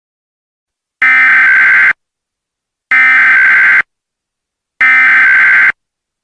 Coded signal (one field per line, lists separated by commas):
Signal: Emergency Alert System (SAME) tones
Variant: header bursts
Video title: EAS MOCK 28 AMBER ALERT FOR STATE OF IOWA